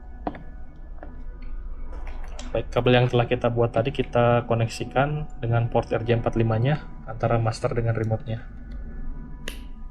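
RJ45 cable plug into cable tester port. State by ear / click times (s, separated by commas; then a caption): seated / 9.5 s. A freshly crimped network cable's RJ45 plug is pushed into the RJ45 port of a cable tester's master and remote units while someone talks. A single sharp click is heard at 9.5 s as the plug seats in the port.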